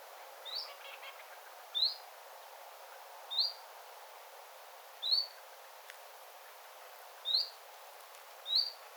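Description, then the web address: Common chiffchaff giving a rising 'hweet' call repeatedly, six thin upslurred notes about one to two seconds apart, the first faint, with faint background noise. Calling beside a bird tower, 9 September 2025. "paivat 9 9 2025 tiltaltin aantelya lintutornin vierella"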